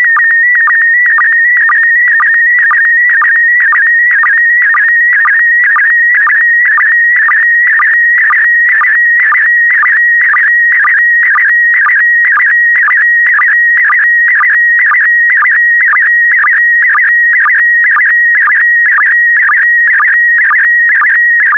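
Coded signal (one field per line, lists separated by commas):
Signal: SSTV (slow-scan television)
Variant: PD120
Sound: continuous warbling whine near 2 kHz, with a short low blip about twice a second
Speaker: complete. You can now check your decoded image against the picture that is shown on the video.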